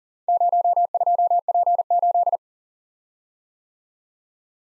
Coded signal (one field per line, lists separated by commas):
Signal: Morse code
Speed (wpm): 40 wpm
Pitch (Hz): 700 Hz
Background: none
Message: 02P8